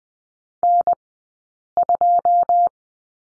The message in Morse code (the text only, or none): N2